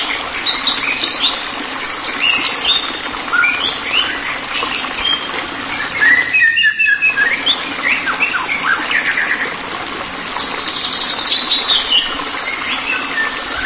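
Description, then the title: White-rumped shama pouring out dense, varied whistled and chattered phrases almost without pause, with a brief gap midway, over persistent hiss. "Kicau Murai Batu"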